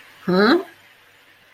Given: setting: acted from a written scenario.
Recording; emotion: vocal sound without words; confusion